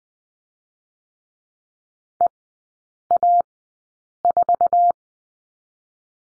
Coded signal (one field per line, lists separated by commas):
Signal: Morse code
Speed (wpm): 20 wpm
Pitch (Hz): 700 Hz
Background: none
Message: EA4